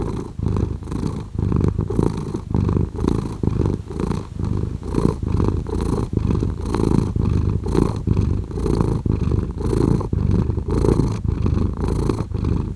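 Cat purring, a steady low rumble that swells and fades in a regular pulse with each breath, continuing without a break.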